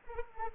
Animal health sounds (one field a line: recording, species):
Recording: mosquito wingbeat signal from an infrared sensor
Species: Anopheles arabiensis